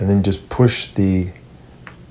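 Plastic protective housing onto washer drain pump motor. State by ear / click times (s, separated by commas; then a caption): seated / 1.9 s. A plastic protective housing taken from the old drain motor is pushed onto a new LG washer drain pump motor while someone talks. The housing clicks into place at 1.9 s, seating on the motor.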